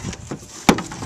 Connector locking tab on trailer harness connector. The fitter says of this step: push in that locking tab